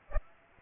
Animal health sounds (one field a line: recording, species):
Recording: mosquito wingbeat signal from an infrared sensor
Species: Aedes aegypti